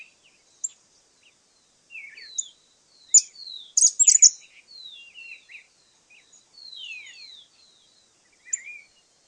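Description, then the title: Cattle tyrant calling: scattered thin, high, down-slurred notes, with a burst of loud, scratchy, very high twitters near four seconds. Subspecies Machetornis rixosa rixosa. "LuckyPassaro Completos2Sama. Cattle Tyrant (Machetornis rixosa rixosa)"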